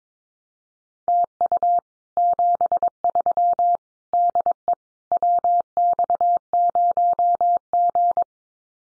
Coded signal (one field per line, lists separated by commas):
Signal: Morse code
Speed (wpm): 22 wpm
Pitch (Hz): 700 Hz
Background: none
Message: TU 73 DE WX0G